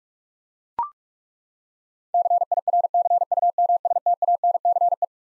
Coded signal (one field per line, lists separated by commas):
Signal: Morse code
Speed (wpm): 42 wpm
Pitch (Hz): 700 Hz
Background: none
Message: CIRCUMSTANCE